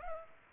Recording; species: mosquito wingbeat signal from an infrared sensor; Aedes aegypti